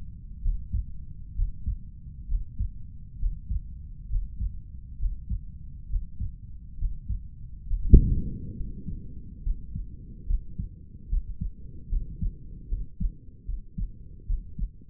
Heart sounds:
heart sounds by stethoscope; 69 bpm
0.40 s: heartbeat
1.34 s: heartbeat
2.26 s: heartbeat
3.17 s: heartbeat
4.07 s: heartbeat
4.97 s: heartbeat
5.87 s: heartbeat
6.76 s: heartbeat
7.65 s: heartbeat
8.56 s: heartbeat
9.42 s: heartbeat
10.26 s: heartbeat
11.09 s: heartbeat
11.89 s: heartbeat
12.68 s: heartbeat
13.45 s: heartbeat
14.26 s: heartbeat
From the record:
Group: healthy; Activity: breath hold 0-9 s, rest 9-15 s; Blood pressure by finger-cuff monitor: 113/74 mmHg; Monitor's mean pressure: 83 mmHg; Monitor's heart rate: 67 bpm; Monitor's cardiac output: 5.3 L/min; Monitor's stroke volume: 80 mL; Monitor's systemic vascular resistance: 1120 dyn s/cm5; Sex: male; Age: 35 years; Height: 180 cm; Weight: 86.9 kg

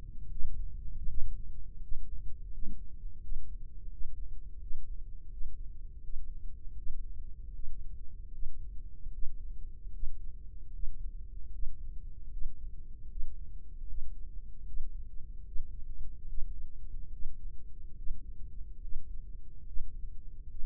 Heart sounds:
heart sounds by microphone in the right ear; 77 bpm
0.28 s: heartbeat
1.05 s: heartbeat
1.79 s: heartbeat
2.50 s: heartbeat
3.19 s: heartbeat
3.89 s: heartbeat
4.58 s: heartbeat
5.29 s: heartbeat
6.01 s: heartbeat
6.74 s: heartbeat
7.52 s: heartbeat
8.30 s: heartbeat
9.11 s: heartbeat
9.91 s: heartbeat
10.71 s: heartbeat
11.51 s: heartbeat
12.29 s: heartbeat
13.08 s: heartbeat
13.86 s: heartbeat
14.65 s: heartbeat
15.44 s: heartbeat
16.26 s: heartbeat
17.10 s: heartbeat
17.95 s: heartbeat
18.80 s: heartbeat
19.65 s: heartbeat
20.47 s: heartbeat
From the record:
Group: healthy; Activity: breath hold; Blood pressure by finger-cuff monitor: 116/65 mmHg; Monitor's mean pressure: 80 mmHg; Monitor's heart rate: 76 bpm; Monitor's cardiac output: 6.4 L/min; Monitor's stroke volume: 83 mL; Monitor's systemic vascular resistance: 890 dyn s/cm5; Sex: female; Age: 32 years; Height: 168 cm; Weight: 61.9 kg

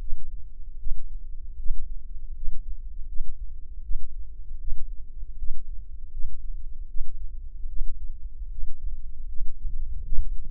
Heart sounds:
heart sounds by microphone in the left ear; 78 bpm
0.77 s: heartbeat
1.56 s: heartbeat
2.33 s: heartbeat
3.06 s: heartbeat
3.81 s: heartbeat
4.58 s: heartbeat
5.36 s: heartbeat
6.10 s: heartbeat
6.86 s: heartbeat
7.67 s: heartbeat
8.49 s: heartbeat
9.27 s: heartbeat
10.03 s: heartbeat
From the record:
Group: healthy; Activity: rest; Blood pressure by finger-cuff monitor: 144/86 mmHg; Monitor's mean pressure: 102 mmHg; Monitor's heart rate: 77 bpm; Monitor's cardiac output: 6.4 L/min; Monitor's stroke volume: 83 mL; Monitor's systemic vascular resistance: 1180 dyn s/cm5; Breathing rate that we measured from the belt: 19 breaths a minute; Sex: male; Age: 21 years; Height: 180 cm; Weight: 67.5 kg

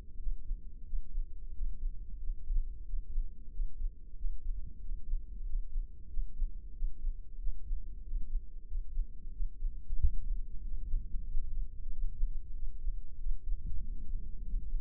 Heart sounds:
heart sounds by microphone in the left ear; 93 bpm
0.20 s: heartbeat
0.87 s: heartbeat
1.55 s: heartbeat
2.21 s: heartbeat
2.87 s: heartbeat
3.53 s: heartbeat
4.18 s: heartbeat
4.83 s: heartbeat
5.47 s: heartbeat
6.11 s: heartbeat
6.76 s: heartbeat
7.40 s: heartbeat
8.05 s: heartbeat
8.68 s: heartbeat
9.34 s: heartbeat
9.99 s: heartbeat
10.65 s: heartbeat
11.28 s: heartbeat
11.92 s: heartbeat
12.56 s: heartbeat
13.20 s: heartbeat
13.83 s: heartbeat
14.46 s: heartbeat
From the record:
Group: healthy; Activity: rest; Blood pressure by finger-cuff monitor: 142/71 mmHg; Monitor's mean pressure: 91 mmHg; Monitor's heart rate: 92 bpm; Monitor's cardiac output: 8.3 L/min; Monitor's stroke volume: 90 mL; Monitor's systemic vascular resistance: 800 dyn s/cm5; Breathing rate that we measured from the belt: 20 breaths a minute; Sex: male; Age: 21 years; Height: 175 cm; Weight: 72.6 kg

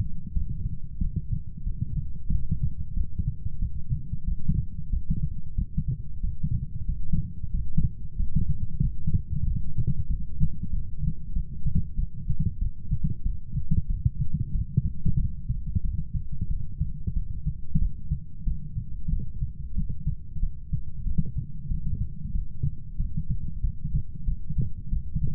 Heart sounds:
heart sounds by stethoscope; 93 bpm
0.33 s: heartbeat
0.98 s: heartbeat
1.63 s: heartbeat
2.29 s: heartbeat
2.93 s: heartbeat
3.59 s: heartbeat
4.24 s: heartbeat
4.90 s: heartbeat
5.55 s: heartbeat
6.20 s: heartbeat
6.85 s: heartbeat
7.51 s: heartbeat
8.16 s: heartbeat
8.80 s: heartbeat
9.44 s: heartbeat
10.07 s: heartbeat
10.70 s: heartbeat
11.33 s: heartbeat
11.95 s: heartbeat
12.58 s: heartbeat
13.22 s: heartbeat
13.87 s: heartbeat
14.52 s: heartbeat
15.16 s: heartbeat
15.82 s: heartbeat
16.47 s: heartbeat
17.13 s: heartbeat
17.78 s: heartbeat
18.44 s: heartbeat
19.09 s: heartbeat
19.74 s: heartbeat
20.39 s: heartbeat
21.04 s: heartbeat
21.68 s: heartbeat
22.32 s: heartbeat
22.96 s: heartbeat
23.61 s: heartbeat
24.25 s: heartbeat
24.90 s: heartbeat
From the record:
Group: healthy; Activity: light exercise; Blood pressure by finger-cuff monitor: 107/72 mmHg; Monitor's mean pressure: 84 mmHg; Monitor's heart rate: 93 bpm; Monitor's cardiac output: 7 L/min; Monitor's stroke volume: 76 mL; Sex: female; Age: 32 years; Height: 172 cm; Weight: 71.7 kg

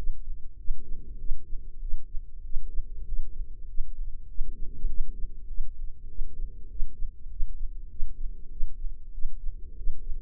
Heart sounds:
heart sounds by microphone in the right ear; 98 bpm
0.57 s: heartbeat
1.19 s: heartbeat
1.81 s: heartbeat
2.43 s: heartbeat
3.06 s: heartbeat
3.67 s: heartbeat
4.28 s: heartbeat
4.88 s: heartbeat
5.47 s: heartbeat
6.08 s: heartbeat
6.69 s: heartbeat
7.29 s: heartbeat
7.89 s: heartbeat
8.50 s: heartbeat
9.12 s: heartbeat
9.76 s: heartbeat
From the record:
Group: healthy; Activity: rest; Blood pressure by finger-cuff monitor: 118/68 mmHg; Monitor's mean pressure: 81 mmHg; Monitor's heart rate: 97 bpm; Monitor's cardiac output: 8.4 L/min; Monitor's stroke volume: 85 mL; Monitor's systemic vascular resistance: 700 dyn s/cm5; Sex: male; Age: 19 years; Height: 178 cm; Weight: 83 kg

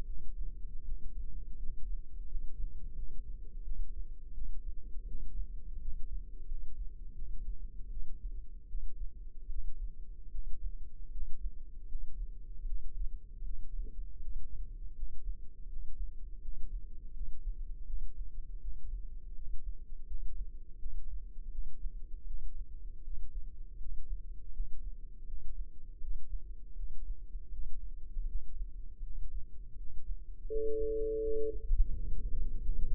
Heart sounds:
heart sounds by microphone in the left ear; 81 bpm
0.04 s: heartbeat
0.82 s: heartbeat
1.56 s: heartbeat
2.25 s: heartbeat
2.93 s: heartbeat
3.62 s: heartbeat
4.32 s: heartbeat
5.05 s: heartbeat
5.78 s: heartbeat
6.45 s: heartbeat
7.13 s: heartbeat
7.88 s: heartbeat
8.66 s: heartbeat
9.47 s: heartbeat
10.29 s: heartbeat
11.09 s: heartbeat
11.85 s: heartbeat
12.63 s: heartbeat
13.42 s: heartbeat
14.18 s: heartbeat
14.93 s: heartbeat
15.66 s: heartbeat
16.39 s: heartbeat
17.11 s: heartbeat
17.84 s: heartbeat
18.58 s: heartbeat
19.32 s: heartbeat
20.04 s: heartbeat
20.76 s: heartbeat
21.49 s: heartbeat
22.25 s: heartbeat
23.01 s: heartbeat
23.76 s: heartbeat
24.50 s: heartbeat
25.24 s: heartbeat
25.98 s: heartbeat
26.74 s: heartbeat
27.49 s: heartbeat
28.25 s: heartbeat
29.00 s: heartbeat
29.75 s: heartbeat
30.46 s: heartbeat
31.18 s: heartbeat
31.90 s: heartbeat
32.59 s: heartbeat
From the record:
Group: healthy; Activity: rest 0-31 s, breath hold 31-33 s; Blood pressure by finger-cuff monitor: 96/51 mmHg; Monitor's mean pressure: 66 mmHg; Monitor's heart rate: 80 bpm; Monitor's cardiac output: 7.3 L/min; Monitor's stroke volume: 91 mL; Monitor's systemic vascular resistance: 650 dyn s/cm5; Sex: female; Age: 26 years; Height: 165 cm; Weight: 55 kg

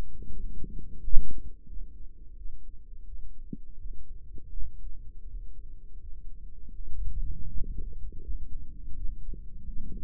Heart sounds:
heart sounds by microphone in the right ear; 83 bpm
0.31 s: heartbeat
0.99 s: heartbeat
1.68 s: heartbeat
2.37 s: heartbeat
3.06 s: heartbeat
3.78 s: heartbeat
4.51 s: heartbeat
5.26 s: heartbeat
6.00 s: heartbeat
6.74 s: heartbeat
7.48 s: heartbeat
8.22 s: heartbeat
8.96 s: heartbeat
9.67 s: heartbeat
From the record:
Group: healthy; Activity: rest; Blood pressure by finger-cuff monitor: 118/72 mmHg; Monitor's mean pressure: 83 mmHg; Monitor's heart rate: 88 bpm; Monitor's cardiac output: 8.4 L/min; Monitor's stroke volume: 94 mL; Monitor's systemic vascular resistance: 720 dyn s/cm5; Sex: male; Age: 57 years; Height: 188 cm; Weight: 106 kg

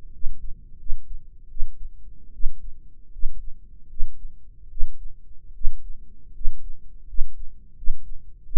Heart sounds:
heart sounds by microphone in the right ear; 79 bpm
0.12 s: heartbeat
0.78 s: heartbeat
1.49 s: heartbeat
2.32 s: heartbeat
3.11 s: heartbeat
3.88 s: heartbeat
4.69 s: heartbeat
5.53 s: heartbeat
6.33 s: heartbeat
7.06 s: heartbeat
7.75 s: heartbeat
8.44 s: heartbeat
From the record:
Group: healthy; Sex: male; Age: 23 years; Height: 179 cm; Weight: 87 kg

